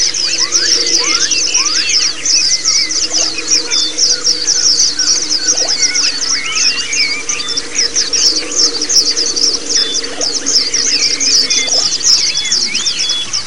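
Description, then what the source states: Many white-eyes in full song, a steady stream of rapid, thin, high chirps mixed with softer slurred whistles lower down. Several white-eyes singing together in the ombyokan chorus style; the recording is meant as a therapy and training sound (masteran) for birds.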